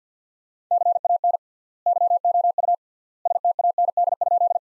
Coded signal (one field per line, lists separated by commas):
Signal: Morse code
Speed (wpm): 50 wpm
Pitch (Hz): 700 Hz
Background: none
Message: CAN YOU STAND?